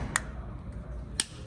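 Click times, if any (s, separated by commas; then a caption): 0.2 s, 1.2 s. The two plastic halves of a 2018–2022 Honda Accord key fob shell are pressed back together after the coin battery is replaced. Two sharp snaps at 0.2 s and 1.2 s stand out over a quiet, low rumbling background. The halves are seated, snapped shut with the side gaps closed.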